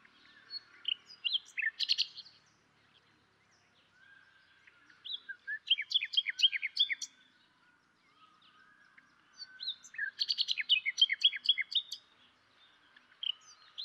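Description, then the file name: Common nightingale song in three bursts of rapid, varied notes and chattering trills with brief gaps. "Luscinia megarhynchos"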